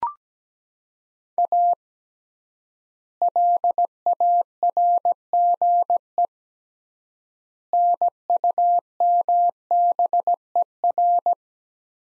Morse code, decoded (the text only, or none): A LARGE NUMBER